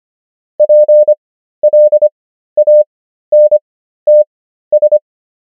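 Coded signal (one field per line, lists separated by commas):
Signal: Morse code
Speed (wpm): 25 wpm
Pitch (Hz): 600 Hz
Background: none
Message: PLANTS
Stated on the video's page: Morse practice of the 500 most common English words, 25 wpm character speed with 13 wpm Farnsworth word speed.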